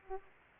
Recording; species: mosquito wingbeat signal from an infrared sensor; Aedes aegypti